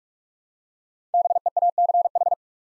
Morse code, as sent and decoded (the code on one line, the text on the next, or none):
-... . .- -.-. ....
BEACH